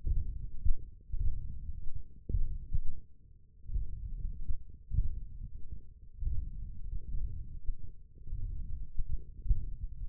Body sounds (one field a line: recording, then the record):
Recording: forearm muscle sounds (acoustic myography)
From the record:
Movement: tripod grip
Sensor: system 1, eight BSWA MPA416 microphones around the upper forearm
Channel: 1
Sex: male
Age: 21 years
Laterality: right